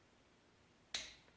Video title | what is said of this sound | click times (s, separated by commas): K20a3 Crank Install | until you hear the click | 0.9 s